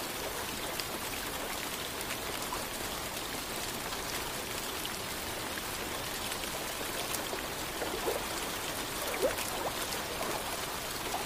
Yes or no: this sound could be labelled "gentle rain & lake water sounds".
yes